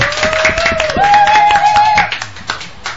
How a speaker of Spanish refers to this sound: Un aplauso, por favor, para...